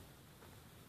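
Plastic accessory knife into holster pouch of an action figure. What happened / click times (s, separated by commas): Handled, not yet home: small plastic part not yet clicked in / none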